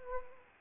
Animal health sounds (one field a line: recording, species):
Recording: mosquito wingbeat signal from an infrared sensor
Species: Anopheles arabiensis